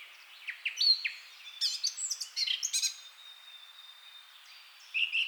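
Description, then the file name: Eurasian blackcap giving bursts of scratchy, warbling notes mixed with clear whistles, pausing briefly before a final phrase. "Sylvia atricapilla"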